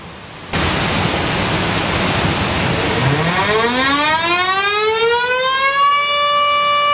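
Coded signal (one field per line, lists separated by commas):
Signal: siren signal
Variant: Japanese dam discharge siren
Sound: a motor siren winds up from a low growl to a steady high wail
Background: wind or rushing water noise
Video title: ダム放流サイレン音 緊急放流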